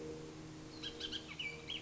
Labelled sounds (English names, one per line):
Bullock's Oriole